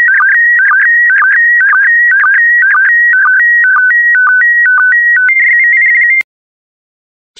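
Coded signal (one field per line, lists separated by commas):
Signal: SSTV (slow-scan television)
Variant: PD120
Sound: warbling tone hopping between two pitches, with regular low blips about twice a second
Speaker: the next image transmission will start in 10 seconds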